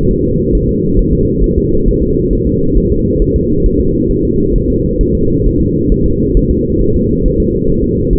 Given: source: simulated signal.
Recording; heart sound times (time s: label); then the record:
fetal heart sounds
0.11 s: S1
0.25 s: S2
0.55 s: S1
0.69 s: S2
0.99 s: S1
1.13 s: S2
1.44 s: S1
1.58 s: S2
1.88 s: S1
2.03 s: S2
2.33 s: S1
2.47 s: S2
2.78 s: S1
2.92 s: S2
3.22 s: S1
3.36 s: S2
3.66 s: S1
3.80 s: S2
4.11 s: S1
4.25 s: S2
4.56 s: S1
4.70 s: S2
5.01 s: S1
5.15 s: S2
5.46 s: S1
5.61 s: S2
5.92 s: S1
6.06 s: S2
6.37 s: S1
6.51 s: S2
6.82 s: S1
6.96 s: S2
7.26 s: S1
7.40 s: S2
7.70 s: S1
7.84 s: S2
8.13 s: S1
From the record:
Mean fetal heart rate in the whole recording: 135 bpm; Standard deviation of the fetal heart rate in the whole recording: 3 bpm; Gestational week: 36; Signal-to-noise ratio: -15.3 dB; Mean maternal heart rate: 72 bpm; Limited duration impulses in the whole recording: present